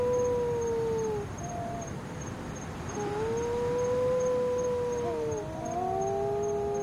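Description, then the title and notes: Wedge-tailed shearwaters moaning: several long, level wails with a downward slide, a pause, then overlapping moans from more than one bird. Three wedge-tailed shearwaters, calling while said to be mourning the loss of their partners. "Wedge tailed shearwater tragedy. 3 wedge tailed shearwaters mourn the loss of their partners"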